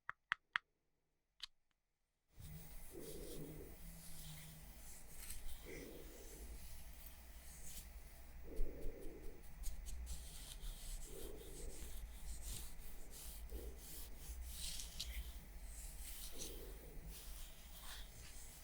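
ASMR makeup triggers: a few sharp, isolated taps over near silence open the first two seconds, then a steady, dense scratching and rubbing begins and continues to the end. Soft, muffled thumps recur every two to three seconds over a low, constant hum.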